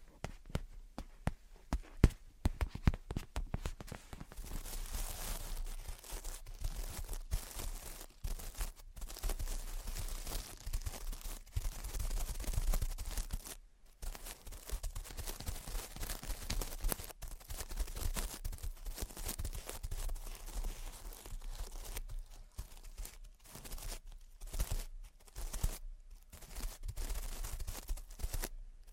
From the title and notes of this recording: Gentle Tapping and Scratching. (No Talking).